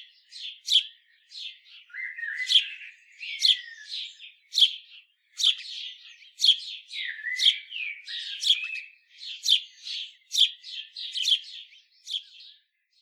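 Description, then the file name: House sparrow calling with many sharp chirps, mixed with a few lower, sliding chirrups. "Passer domesticus"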